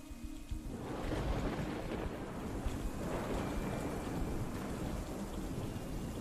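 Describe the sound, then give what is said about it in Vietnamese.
Heavy rain pours down in a steady, dense hiss while low thunder rumbles continuously underneath amid bright lightning flashes, swelling in waves with no voices present. “Trong khoảnh khắc đó, trên trời nổi lên những tia chớp sáng rực cùng với tiếng sấm sét đì đùng.”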